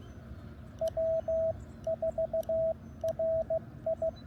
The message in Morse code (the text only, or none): W4RI